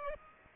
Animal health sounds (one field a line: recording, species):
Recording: mosquito wingbeat signal from an infrared sensor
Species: Aedes aegypti